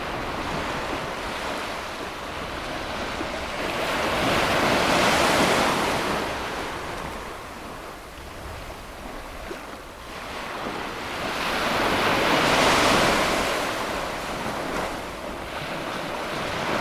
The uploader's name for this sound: Coastal Tranquility Relaxing Ocean Waves and Nature Sounds